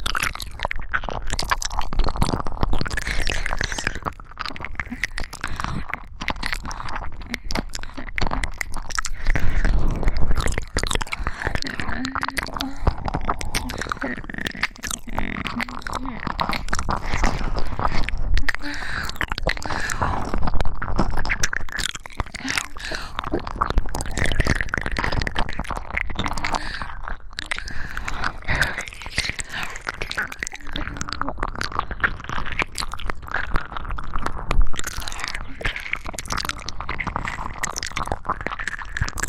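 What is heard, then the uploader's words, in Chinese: Binaural sucking and kissing sounds with wet saliva smacks and soft breaths, dense and continuous throughout. 双耳微喘吸吮唾液＋亲亲。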